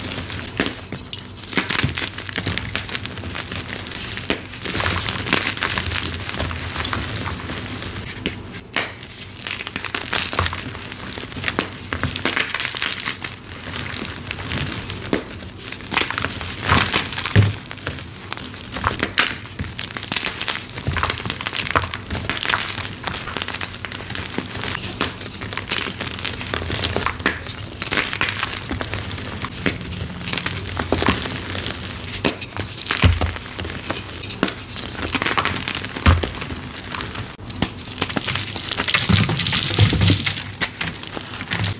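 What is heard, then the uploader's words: Soft, crispy crunches of dyed gym chalk continue without pause for the whole stretch, packed closely together with no real gaps. The crackle sits bright and powdery, with brief louder bursts scattered throughout, and a faint low hum runs underneath. Bon Ami Dipped Dyed Gym Chalk ASMR Edits Compilation + 2X SPEED VERSION. Soft crispy powdery crunches of dyed gym chalk asmr and oddly satisfying sounds.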